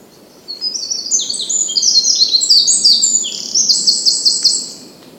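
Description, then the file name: Eurasian wren song: a rapid cascade of piercing high notes building into a dry trill near the end, about four seconds long. "Troglodytes troglodytes"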